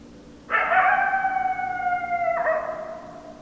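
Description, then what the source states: Coyote howl, a clear, flat, sustained tone with strong overtones that shifts down abruptly late in the call. Several coyotes, recorded on 10 December 2012.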